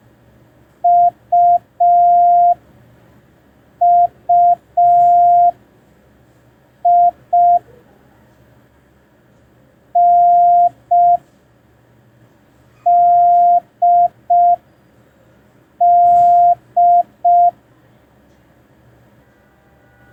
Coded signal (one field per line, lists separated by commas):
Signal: Morse code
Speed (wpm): 5 wpm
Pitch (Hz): 700 Hz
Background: none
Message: U U I N D D